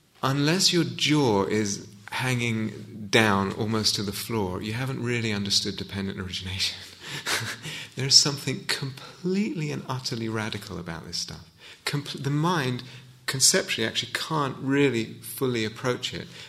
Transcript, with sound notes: unless your jaw is hanging down almost to the floor, you haven't really understood dependent origination. [laughs] There is something completely and utterly radical about this stuff. The mind conceptually actually can't really fully approach it.